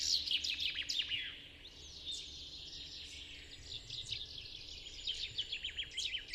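Chaffinch song: a quick downward-sliding trill opens, followed by a busy tangle of softer high chirps and twitters.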